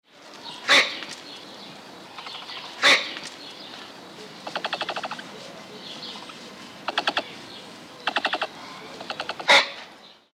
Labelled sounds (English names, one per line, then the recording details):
Capybara
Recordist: Tembrock, Günter
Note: Warnlaute vom Weibchen und Männchen, Lautfolgen vom Jungtier (4 Monate alt)